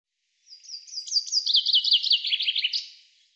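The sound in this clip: Bird giving a high, fast trill of sharp chirps that starts thin and steady, then breaks into a quick, slightly descending run of zigzag notes before fading.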